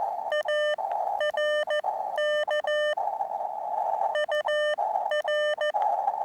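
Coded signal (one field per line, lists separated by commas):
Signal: Morse code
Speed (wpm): 14 wpm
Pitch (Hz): 600 Hz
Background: none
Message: ARK UR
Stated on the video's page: Heard during a first park activation on a backpacking trip to an Eastern Sierra lake.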